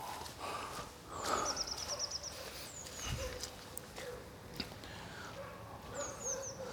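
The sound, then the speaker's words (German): A dog barks in scattered bursts, fairly faint, while birds chirp and trill high above it. The barking comes irregularly rather than in a steady rhythm. “Wildes Hundegebell.”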